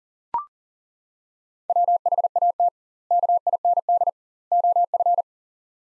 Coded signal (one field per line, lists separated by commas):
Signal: Morse code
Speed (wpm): 40 wpm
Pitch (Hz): 700 Hz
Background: none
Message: WHAT KIND OF